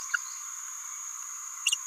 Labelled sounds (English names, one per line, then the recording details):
Green-rumped Parrotlet babbling
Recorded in a nest box in Venezuela
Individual 18B17A3